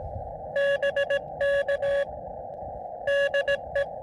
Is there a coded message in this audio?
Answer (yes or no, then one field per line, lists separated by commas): yes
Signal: Morse code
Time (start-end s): 0.6-3.8 s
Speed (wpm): 18 wpm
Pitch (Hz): 590 Hz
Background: none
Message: BK DE